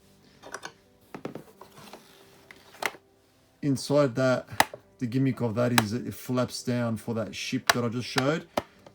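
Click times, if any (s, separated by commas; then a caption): none. A hinged plastic flap on a toy spaceship body is handled and folded down, with a few short plastic knocks and taps in the first three seconds. Someone then talks over the rest of the clip. Nothing has clicked or seated into place yet.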